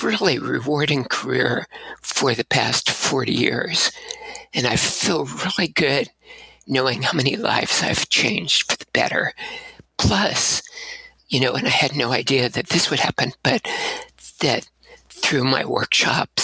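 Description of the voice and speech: An adult man speaks in short, choppy, staccato bursts with frequent pauses. His voice is breathy and creaky, with dropouts and weak, shaky voicing. These features fit abductor spasmodic dysphonia, where the vocal folds open involuntarily and let air escape, with a significant vocal tremor left by the last of two voice-damaging surgeries, 12 years earlier.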